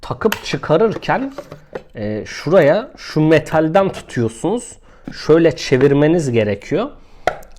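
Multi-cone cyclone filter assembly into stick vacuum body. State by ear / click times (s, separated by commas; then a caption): seated / 7.3 s. The multi-cone cyclone filter assembly of an icotech F30 Max cordless stick vacuum is held by its metal part and twisted into the vacuum body while someone talks. A sharp click sounds at 7.3 seconds as the assembly twist-locks and seats in place.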